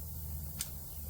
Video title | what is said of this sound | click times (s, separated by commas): Avanti Episode 10 the phantom miss. REDNECK MUKKS 100TH VIDEO!! | I don't know if you could hear that on the thing or not. When you push down and they're sealed right, they click, | 0.6 s